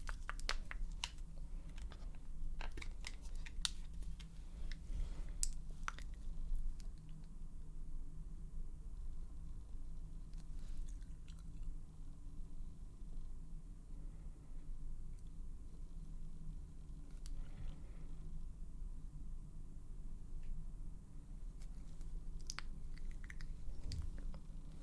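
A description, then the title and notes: Lipstick being tried on, with small sticky clicks, taps and smacking sounds scattered through the clip, busiest in the first seven seconds and again near the end. Underneath runs a steady low rumble that stays constant throughout. ASMR Lip Stick Try-On & Assorted Sounds.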